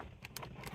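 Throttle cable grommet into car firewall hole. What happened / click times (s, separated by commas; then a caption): The cable grommet snapped into the panel hole / 0.2 s, 0.4 s. A new throttle cable grommet is pushed by hand into the hole in the metal firewall of a Volvo 850 R. Two sharp clicks sound at 0.3 and 0.4 seconds over a steady low rumble as the grommet snaps in, and it is seated.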